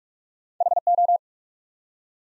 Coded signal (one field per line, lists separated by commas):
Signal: Morse code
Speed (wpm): 44 wpm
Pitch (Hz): 700 Hz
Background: none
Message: HO